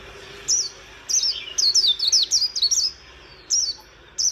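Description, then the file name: White-eye with a brief jumble of high, quick, descending twitters between isolated single chirps. "Zosterops"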